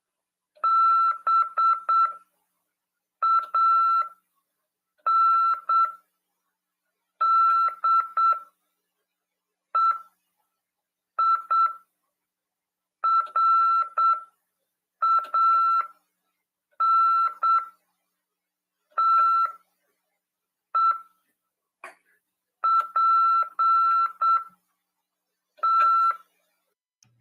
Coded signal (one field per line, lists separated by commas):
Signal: Morse code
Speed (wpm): 8 wpm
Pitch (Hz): 1340 Hz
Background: none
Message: BANDEIRANTEPT